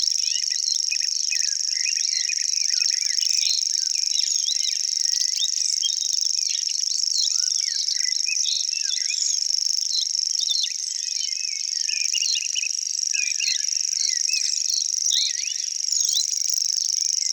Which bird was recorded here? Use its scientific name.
Locustella naevia